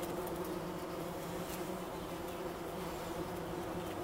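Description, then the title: Bumblebee droning steadily, a deep unbroken hum with layered overtones and a few soft clicks above it. Wülfel, Hannover, Germany. "Wülfel, Hannover, Deutschland - Hummelgebrumm"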